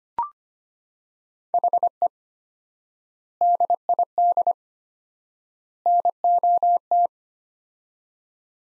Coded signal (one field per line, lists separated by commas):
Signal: Morse code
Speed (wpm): 25 wpm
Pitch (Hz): 700 Hz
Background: none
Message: HE DID NOT